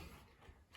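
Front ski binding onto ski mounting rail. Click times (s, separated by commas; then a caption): 0.8 s. A Blizzard IQ 4.5 front ski binding is slid onto the locating grooves of the ski mounting rail and pushed forwards, giving a low, steady sliding rumble. A sharp click at 0.8 s marks the binding latching and locking into place.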